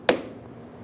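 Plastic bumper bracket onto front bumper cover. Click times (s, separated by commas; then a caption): 0.1 s. A plastic bumper bracket for a 2011-2014 Hyundai Sonata is pressed onto the front bumper cover and clicks in at 0.1 s with a single sharp, bright snap. The click fades quickly to a quiet background, and the bracket is seated.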